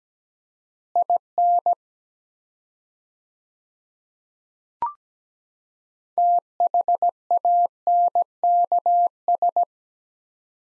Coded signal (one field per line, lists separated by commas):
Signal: Morse code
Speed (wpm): 17 wpm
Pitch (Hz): 700 Hz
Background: none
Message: IN THANKS